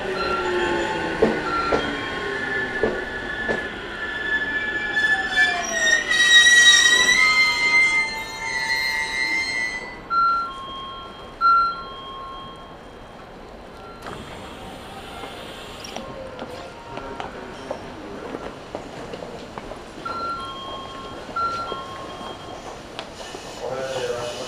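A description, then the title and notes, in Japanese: A local train on the Chuo West Line, running from Nagoya toward Kozoji. The first ten seconds carry a loud rumble with rising and falling tones and a bright squeal near six seconds. After that the sound settles to a quieter, steady running hum, with a few brief tonal chimes and clicks. 中央西線 普通 名古屋→高蔵寺 313系8000番台。座席は転換クロスシート、窓にはカーテンということで若干グレードが高いです。通勤ラッシュの折り返しになるので多少立つ人が出るくらいですね～。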